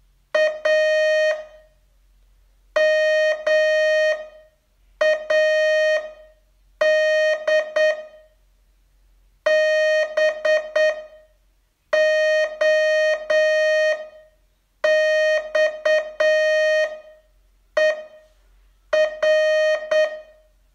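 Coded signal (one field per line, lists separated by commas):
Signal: Morse code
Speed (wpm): 9 wpm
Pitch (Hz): 620 Hz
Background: none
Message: A MAD BOXER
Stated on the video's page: Morse training test, day 33 of a 42-day course.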